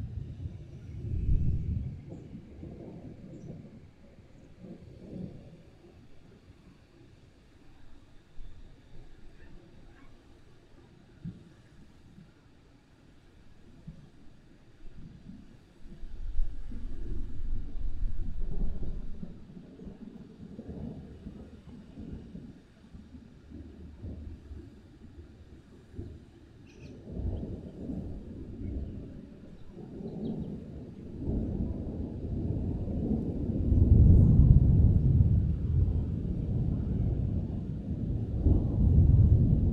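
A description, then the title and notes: A thunderstorm rumbles through, with deep, low rolls of thunder swelling and fading, loudest near the start and building again toward the end. Between the rolls there is a quieter low wash, with an occasional faint higher tick or clatter. A thunderstorm that was causing some havoc at the station. Recorded using linear pulse-code modulation at a sample rate of 96 kHz and resolution of 24 bits per sample with a Marantz PMD 661 recorder. An Audio-Technica BP4025 x/y stereo field recording microphone.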